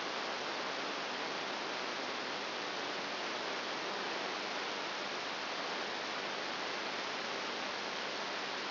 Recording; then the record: brain microelectrode recording played as sound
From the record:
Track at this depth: inside the subthalamic nucleus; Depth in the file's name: 4.9 mm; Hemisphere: right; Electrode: 3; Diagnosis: Parkinson's disease